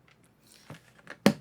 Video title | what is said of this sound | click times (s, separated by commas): Mesquite + Honey + Pears = MEAD! Easy Mead Recipe at Home | Do want to get our lid on cuz as you know, it doesn't snap. | 1.3 s